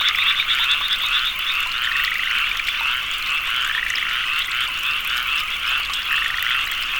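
Frog chorus of rapid repeated croaks, with overlapping callers forming a continuous high trill.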